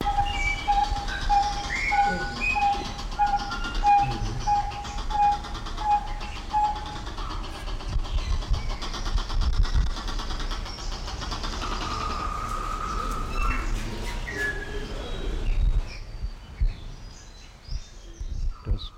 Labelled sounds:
Vieillot's Barbet (Lybius vieilloti) call
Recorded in captivity
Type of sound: call
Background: Gallinula alleni
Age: adult
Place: Zoo Berlin, Berlin, DE
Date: 1994-04-02 11:20
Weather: wolkig bis heiter, 8-10°C
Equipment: Marantz CP 430, Sennheiser ME 80, Kopie Uher Variocord 263
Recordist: Tembrock, Günter
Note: Rufreihe - zwischen der Sultanshuhnaufnahme

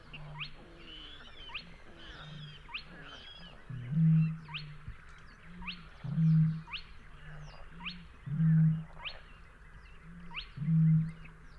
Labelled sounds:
Spotted Crake (Porzana porzana) song
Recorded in the wild
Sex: male
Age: adult
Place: Kützerhof, Kummerower See, Mecklenburg-Vorpommern, DE
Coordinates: 53.85, 12.8819
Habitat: wetland
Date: 2008-05-15
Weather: ca. 10°C, fast windstill, zunehmender Mond
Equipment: Sound Devices 702, Sennheiser MKH 70, Windkorb
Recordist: Frommolt, Karl-Heinz

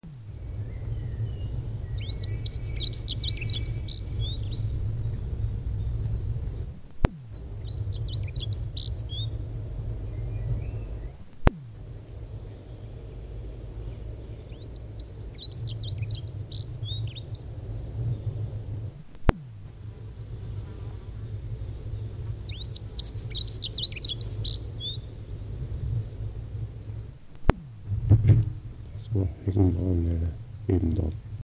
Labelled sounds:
Dunnock (Prunella modularis) song, Common Chaffinch (Fringilla coelebs), Common Blackbird (Turdus merula)
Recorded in the wild
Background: Fringilla coelebs, Turdus merula
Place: Feldberg - Koldenhof, Mecklenburgische Seenplatte, Mecklenburg, DE
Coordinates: 53.3294, 13.3136
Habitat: mixed forest
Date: 1976-06-25 19:13
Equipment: Uher CR 210, Sennheiser MD 421 HL, Verstärker, Reflektor, Kopie Uher 4200
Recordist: Tembrock, Günter
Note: Mischwald bei Koldenhof (Warsberge). Gesang

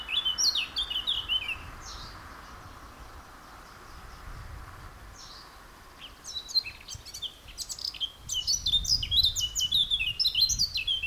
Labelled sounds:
Garden Warbler (Sylvia borin)
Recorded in the wild
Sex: male
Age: adult
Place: Blankenfelde, Berlin, DE
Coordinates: 52.625, 13.404
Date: 1992-05-23 10:09
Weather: sonnig, 20-24°C, böiger Ost-Wind
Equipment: Nagra SN, Mikrofon AKG CK 8, Kopie Tesla B 116
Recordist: Tembrock, Günter

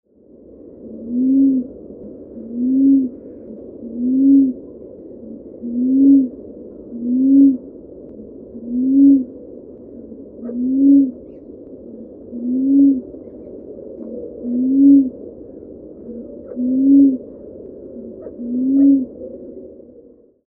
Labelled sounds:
Jambu Fruit Dove (Ptilinopus jambu)
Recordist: Tembrock, Günter
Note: Balzfolge

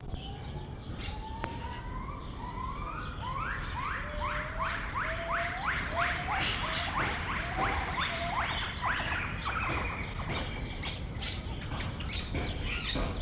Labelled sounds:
Northern White-cheeked Gibbon (Nomascus leucogenys)
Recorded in captivity
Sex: diverse
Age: diverse
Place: Zoo Leipzig, Sachsen, DE
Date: 1976-05-27
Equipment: Uher CR 210, Sennheiser MD 421 HL, Verstärker, Kopie Uher Variocord
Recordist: Tembrock, Günter

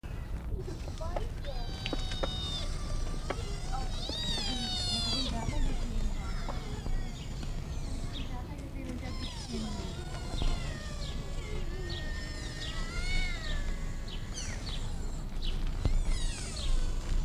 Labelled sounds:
Sika Deer (Cervus nippon) call
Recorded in captivity
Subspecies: pseudaxis
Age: adult
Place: Zoo Berlin, Berlin, DE
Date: 1959-07-04 15:00
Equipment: Reporter (Vollspur)
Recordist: Tembrock, Günter
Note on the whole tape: Vietnamesischer Sikahirsch (bei Tembrock: Pseudaxis sika): Rufe. Abstand: 5-10 m

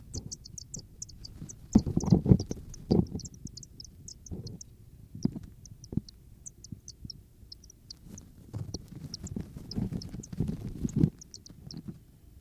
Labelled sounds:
Western Bonelli's Warbler (Phylloscopus bonelli) call
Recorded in captivity
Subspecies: bonelli
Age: juvenile
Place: Zoologisches Institut Universität Tübingen, Baden-Württemberg, DE
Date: 1972-06-12 19:30
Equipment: Nagra III PH, Kugelmikrophon (wahrs. MD 211 )
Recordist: Füger
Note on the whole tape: Phylloscopus bonelli bonelli. Raum 48. Zusammenrücklaute von drei etwa 11-tägigen Jungtieren jedoch nicht trillerartig nur schnell gereiht. MaAs: S.S

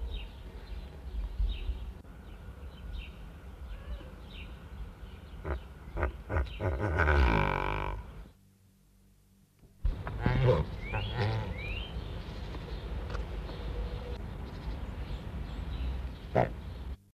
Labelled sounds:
Great Bustard (Otis tarda) call
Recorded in captivity
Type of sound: call
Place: Tiergarten Schönbrunn, AT
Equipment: Halbspur, 9,5 cm/s
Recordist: Lütgens, Hans
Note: 2-jähriger Hahn und 4-jährige Henne, Wilhelminenberg

